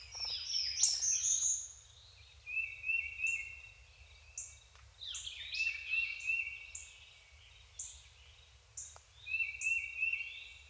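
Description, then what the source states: Several songbirds sing together, with a high rapid whistled trill, repeated short high notes and a lower rolling warble recurring every few seconds. Deciduous forest, daytime.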